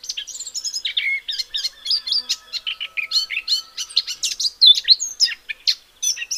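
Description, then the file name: Eurasian blackcap warbling song, a fast run of varied scratchy and whistled notes, some rising and falling, continuing without pause through the whole stretch. "Sylvia atricapilla"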